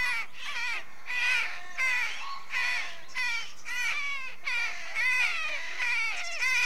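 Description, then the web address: Rooks giving a continuous stream of harsh, wavering caws. Rooks calling at a rookery. "The BBC Sound Effects Library. Rookery"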